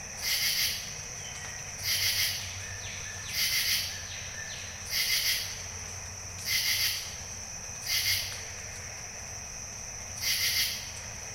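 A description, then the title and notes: A chorus of bird-voiced treefrogs gives bright, whistled bursts at a steady pace, about one every one and a half seconds. Each burst is short and trilling, and fainter overlapping calls fill the gaps. A constant high insect-like hiss and a low rumble sit underneath. Morning at Jessamine Bayou. Jessamine Bayou is a seasonally flooded forest in the heart of America's Amazon, the Mobile-Tensaw River Delta. These recordings are taken from overnight "drop rigs" left at the edge of a tributary surrounded cypress swamp and adjacent to a field of saw palmetto.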